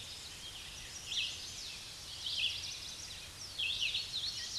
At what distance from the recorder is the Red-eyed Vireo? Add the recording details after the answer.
about 35 m. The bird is about 25 m above the microphone. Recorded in a Pennsylvania forest on 16 May 2024 at 06:34. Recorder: AudioMoth, point MSD-2095. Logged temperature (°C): 16.3 °C. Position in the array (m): 164 m, 71 m